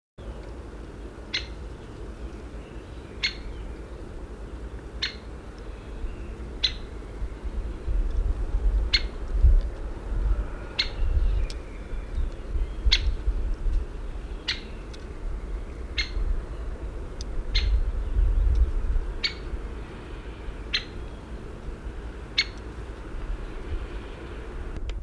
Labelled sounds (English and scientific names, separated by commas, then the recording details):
Syrian Woodpecker (Dendrocopos syriacus) call
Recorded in the wild
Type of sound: call
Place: Albesti, Transilvania, RO
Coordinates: 46.258, 24.86
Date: 1973-04-29
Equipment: Nagra III BH, Sennheiser MD 21, parabola
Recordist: Schubert, Michael
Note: Blutspecht "kix"